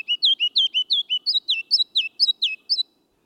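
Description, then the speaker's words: Ruby-crowned Kinglet song: a fast, rollicking string of many high, bright notes, stepping up in pitch partway through before stopping abruptly. Male's loud, rollicking spring song of three distinct parts, sung only in the lowlands, from the forest edge in northern and western lowlands. "ruby-crowned kinglet tunes up his spring song only in the lowlands."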